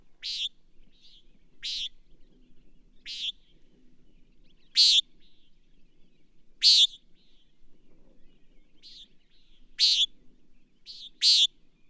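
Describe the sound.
Bird chirping, brief high scratchy notes repeated irregularly through the recording, some followed by quieter short twitters, over a soft low background hum.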